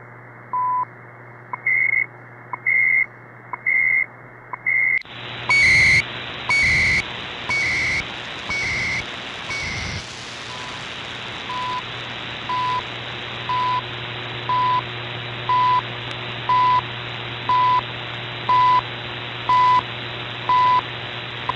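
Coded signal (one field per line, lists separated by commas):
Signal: radio time signal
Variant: CHU Canada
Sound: short 1 kHz ticks every second, interrupted by five warbling data bursts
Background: radio static, low hum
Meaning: Time signal from atomic clocks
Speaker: so 78.50 3330 and 14670 the chu Canada time signal just Southwest of Ottawa Ontario Canada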